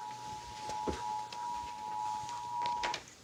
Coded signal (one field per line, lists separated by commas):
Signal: Emergency Alert System (SAME) tones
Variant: 853 and 960 Hz attention tone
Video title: Most Notable EAS Alert Captures from 2019 & 2020 (#1,741 - 1,770)